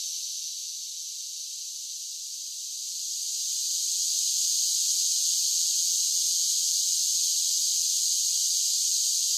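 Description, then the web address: Cicada chorus, a high continuous buzzing hiss that grows louder from around three seconds and then stays full and steady. Large groups of cicadas singing together. "Blast Wave Update 1 Cicadas Sing"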